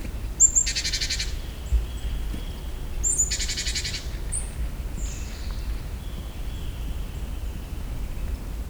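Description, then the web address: Great tit making two scratchy rattling churr bursts, each led by a sharp high note, then a few thin whistled notes, with low rumbling noise underneath. Recorded in nature; presented as the bird's other, alternative call. "allathangok termeszetben szencinege"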